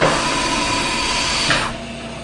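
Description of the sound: A steady, airy hiss of rushing air lasts about one and a half seconds, then drops to a quieter background hum. It is a single air-delivery phase of a hospital mechanical ventilator.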